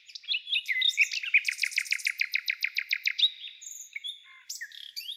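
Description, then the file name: Nightingale singing a fast run of loud, evenly spaced throbbing notes after a few sharp whistles, ending in softer scattered chirps. "solovei"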